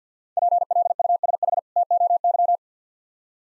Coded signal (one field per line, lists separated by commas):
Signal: Morse code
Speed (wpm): 50 wpm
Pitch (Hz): 700 Hz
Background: none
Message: PLUSH TOY